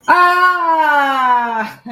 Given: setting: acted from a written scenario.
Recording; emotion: vocal sound without words; positive surprise